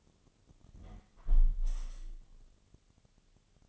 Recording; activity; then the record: daily activity, microphone in the room; close window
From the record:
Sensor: 4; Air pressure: 1015.7 hPa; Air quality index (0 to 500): 98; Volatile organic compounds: 2 ppm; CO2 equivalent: 1098 ppm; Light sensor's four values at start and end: 9/20/8/7 and 9/20/8/7